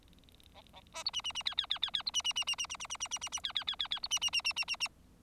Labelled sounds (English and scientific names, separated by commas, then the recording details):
Bengalese Finch (Lonchura striata domestica) song
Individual Bird4